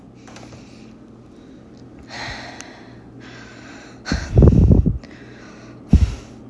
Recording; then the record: deep breathing after running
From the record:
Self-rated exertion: moderate exertion (3 of 6); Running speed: 7 miles an hour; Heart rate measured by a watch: 135 beats a minute at the start, 133 at the end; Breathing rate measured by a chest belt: 12 breaths a minute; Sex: female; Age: 33 years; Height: 155 cm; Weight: 48 kg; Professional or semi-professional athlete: no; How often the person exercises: 3 to 5 times a week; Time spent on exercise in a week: under 1 hour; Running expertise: no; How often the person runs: under once a week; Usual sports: hiking, cycling